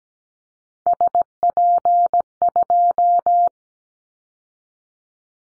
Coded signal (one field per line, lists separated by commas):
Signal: Morse code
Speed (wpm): 17 wpm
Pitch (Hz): 700 Hz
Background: none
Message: SP2